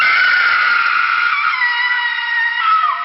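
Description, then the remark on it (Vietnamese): A woman's piercing scream from inside a tomb holds for about three seconds, loud and shrill with strong high harmonics, its pitch wavering and dipping slightly toward the end. No one speaks. “Nhưng tình huống thực tế đã lập tức phủ định khả năng này, bởi tiếng hét xé tay bên trong mộ đảo vẫn đang tiếp tục vẳng tới.”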